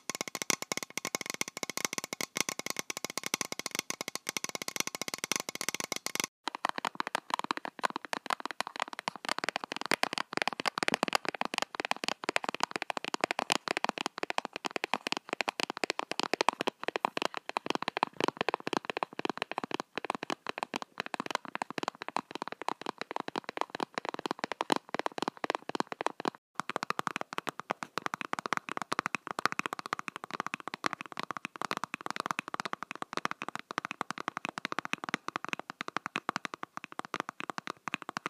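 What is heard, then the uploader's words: Fingers tap on various objects, mostly plastic, at a steady medium pace, the clicks packed into a dense, continuous patter. Brief pauses near 6 and 26 seconds mark switches to a new object, and the tone shifts slightly with each surface. Tapping various objects— mostly plastic, with one glass and one ceramic— at a medium speed.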